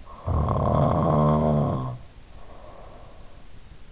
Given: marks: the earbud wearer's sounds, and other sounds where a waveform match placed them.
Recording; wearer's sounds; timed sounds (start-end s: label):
sounds in sleep by an in-ear microphone; snoring breath
0.26-3.40 s: snoring breath